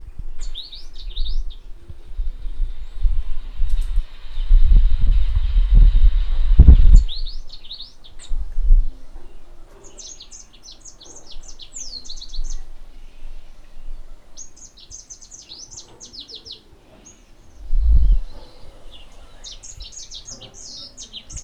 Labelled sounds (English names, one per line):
White-bellied Canary